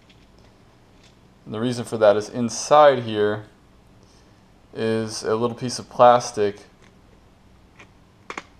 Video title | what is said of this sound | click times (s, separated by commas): Crosman skeleton stock storage mod Part 3 | you hear that click clicks into place so that won't slide out | 8.3 s, 8.4 s